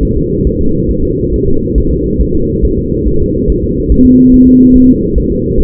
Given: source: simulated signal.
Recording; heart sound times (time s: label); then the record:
fetal heart sounds
0.03 s: S1
0.17 s: S2
0.47 s: S1
0.61 s: S2
0.91 s: S1
1.05 s: S2
1.34 s: S1
1.48 s: S2
1.78 s: S1
1.92 s: S2
2.21 s: S1
2.35 s: S2
2.65 s: S1
2.79 s: S2
3.08 s: S1
3.22 s: S2
3.50 s: S1
3.64 s: S2
3.92 s: S1
4.06 s: S2
4.34 s: S1
4.48 s: S2
4.76 s: S1
4.90 s: S2
5.18 s: S1
5.32 s: S2
5.60 s: S1
From the record:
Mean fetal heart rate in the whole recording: 140 bpm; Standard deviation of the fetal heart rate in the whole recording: 2 bpm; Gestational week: 34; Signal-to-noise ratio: -16.4 dB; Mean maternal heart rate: 72 bpm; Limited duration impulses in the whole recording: present